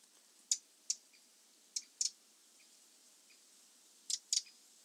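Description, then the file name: Eurasian wren calls: sharp, dry, high ticks given singly and in quick pairs, several in a few seconds, against a quiet background. "Troglodytes troglodytes"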